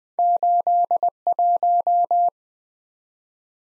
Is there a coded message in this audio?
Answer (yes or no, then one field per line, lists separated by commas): yes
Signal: Morse code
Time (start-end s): 0.2-2.3 s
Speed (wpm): 19 wpm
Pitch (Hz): 700 Hz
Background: none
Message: 81